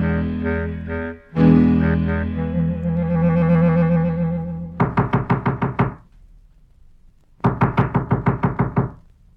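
A sustained musical drone gives way to two bursts of knocking on a door, each a quick, even series of about seven or eight sharp raps separated by a short pause.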